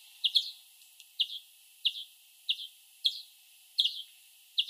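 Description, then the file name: European greenfinch: a run of quick, chirpy call notes, each a sharp slurred chip, repeated roughly every two-thirds of a second. "Chloris chloris"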